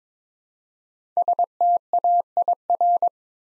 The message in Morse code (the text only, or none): STAIR